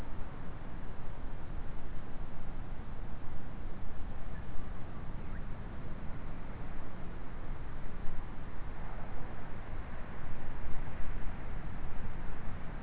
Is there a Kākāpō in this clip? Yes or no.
no